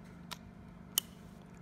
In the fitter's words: this is the battery slides right in here clicks